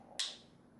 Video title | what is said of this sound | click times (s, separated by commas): Vertex EVX-530 series. What's In The Box? | and slide down and you'll hear it click | 0.2 s